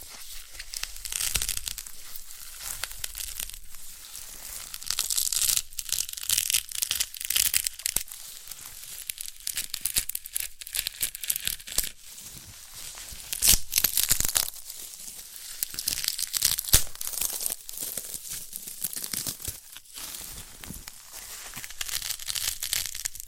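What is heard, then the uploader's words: Handling of a sprouted coconut: dense, continuous scratching and crinkling, like fibrous husk being rubbed and torn. Sharper snaps and crunches break through often, notably around 6, 13 and 17 seconds, while the sound stays bright and busy without pause. ASMR of a Sprouted Coconut (No Talking).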